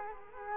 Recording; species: mosquito wingbeat signal from an infrared sensor; Culex quinquefasciatus